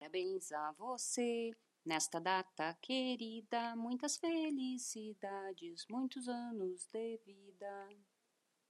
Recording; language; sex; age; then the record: short text; Brazilian Portuguese; female; 50 to 59 years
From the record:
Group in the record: control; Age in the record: 51 years